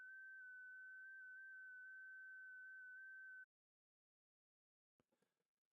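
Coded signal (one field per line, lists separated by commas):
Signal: FT8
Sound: a steady whistle-like tone with faint tiny pitch steps, stopping abruptly, then a brief rustle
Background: brief noise burst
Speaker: WV3V Jason here doing a little live streaming of some FT8. It's kind of like uh watching paint dry, but hey, nonetheless, we are playing amateur radio. So, we're down on uh 17 meters. Seeing if we can make some contacts.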